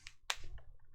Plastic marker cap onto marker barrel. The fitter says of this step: nice soft little click